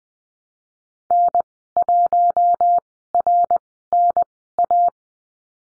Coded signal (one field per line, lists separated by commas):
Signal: Morse code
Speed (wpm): 19 wpm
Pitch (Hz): 700 Hz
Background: none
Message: N1RNA